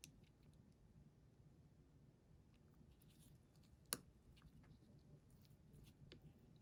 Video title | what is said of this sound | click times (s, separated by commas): iPhone 7 back/Front Camera Replacement real life (2021) 7 آيفون | that click is you need to hear that this | 3.9 s